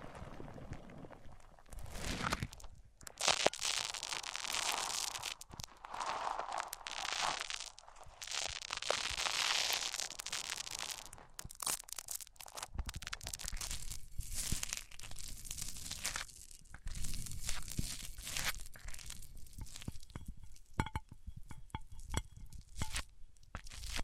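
Microphones rubbed across different surfaces, producing dense, scratchy friction noise that swells and fades in uneven strokes. The texture shifts between bright hissing scrapes and crinkly, crunchy rustles, with brief gaps and sharp bumps throughout the 24 seconds.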